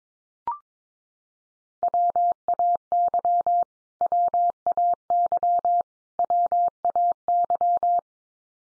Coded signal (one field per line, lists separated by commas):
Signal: Morse code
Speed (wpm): 22 wpm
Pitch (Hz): 700 Hz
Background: none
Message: WAY WAY WAY